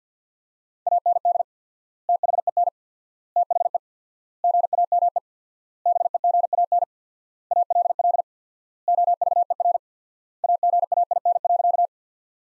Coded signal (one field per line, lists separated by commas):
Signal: Morse code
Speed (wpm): 50 wpm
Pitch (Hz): 700 Hz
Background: none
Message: AND THEN THE GAME BEGAN ALL OVER AGAIN.